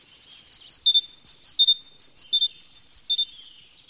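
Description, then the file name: Tit song after a short quiet start: ringing whistled notes in little repeated groups, high then lower, kept up evenly for about three seconds. "Sonotheque Mesange Radio France"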